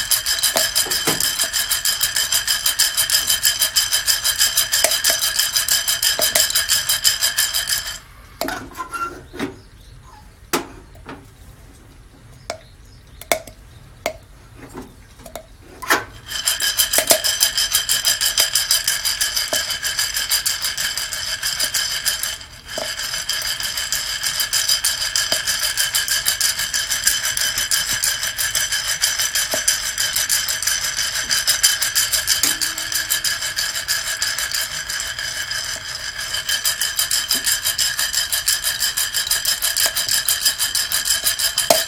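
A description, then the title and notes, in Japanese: Guatemala SHB coffee beans roasting: a steady, bright mechanical whir with a faint rattle of tumbling beans runs almost throughout. The whir cuts out from about 8 to 16 seconds, leaving sparse sharp clicks and cracks, then resumes and holds to the end. 今朝は”グアテマラSHB”を焙煎。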